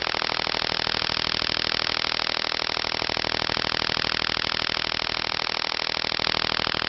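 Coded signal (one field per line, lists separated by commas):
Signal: radar signal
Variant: over-the-horizon radar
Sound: steady rapid rasping buzz of fast repeating pulses, like an idling engine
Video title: Signals of Over The Horizon Radars OTH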